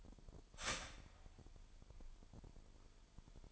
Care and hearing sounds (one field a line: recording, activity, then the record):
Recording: daily activity, microphone in the room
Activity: start toaster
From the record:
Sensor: 5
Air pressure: 1002.1 hPa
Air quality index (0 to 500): 208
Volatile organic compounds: 20 ppm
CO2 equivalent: 2694 ppm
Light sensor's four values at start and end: 33/106/40/43 and 33/106/40/43